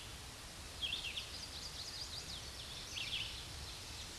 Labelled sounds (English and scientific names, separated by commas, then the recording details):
Chestnut-sided Warbler (Setophaga pensylvanica) song
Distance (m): 70 m
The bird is about 15 m above the microphone
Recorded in a Pennsylvania forest on 16 May 2024 at 06:53
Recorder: AudioMoth, point MSD-2258
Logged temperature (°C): 15.2 °C
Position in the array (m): 170 m, 151 m